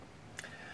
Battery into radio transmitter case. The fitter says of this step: my battery still locks in place properly and everything worked out great so